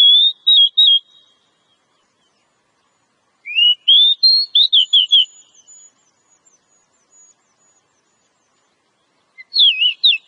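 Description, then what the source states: Oriental magpie-robin delivering rising, warbled whistle sequences in three bursts with short silences between. Female; Indonesian name kacer.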